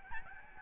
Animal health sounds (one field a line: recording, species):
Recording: mosquito wingbeat signal from an infrared sensor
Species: Aedes albopictus